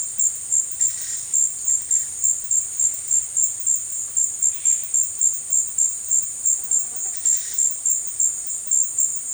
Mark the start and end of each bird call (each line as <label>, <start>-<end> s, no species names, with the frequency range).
bird call (1.1-6.5 kHz), 0.81-1.20 s
bird call (1.6-6.3 kHz), 7.09-7.63 s